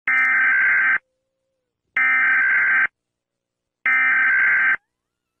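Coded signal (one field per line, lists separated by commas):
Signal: Emergency Alert System (SAME) tones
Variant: header bursts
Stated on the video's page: Simulated fictional EAS alarm about California becoming its own nation.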